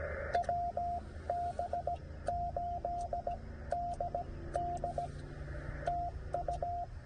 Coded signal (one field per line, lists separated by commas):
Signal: Morse code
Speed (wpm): 16 wpm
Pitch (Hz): 700 Hz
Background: radio noise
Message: WB8DD TU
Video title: K-3783 POTA in CW 6 OCT 2023